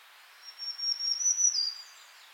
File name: Setophaga virens - Black-throated Green Warbler